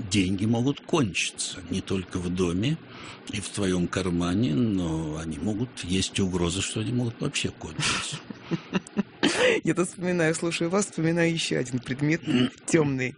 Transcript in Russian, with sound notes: деньги могут кончится – не только в доме и в твоем кормане, но они могут – есть угроза, что они могут вообще кончиться. (смеется)
Я тут вспоминаю – слушаю Вас и вспоминаю – еще один предмет темный…